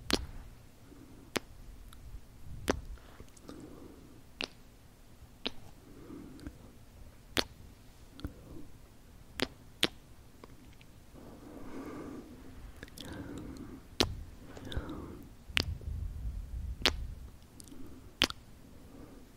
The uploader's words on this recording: ASMR Sweet Cozy Christmas Kisses 1 Hour No Talking.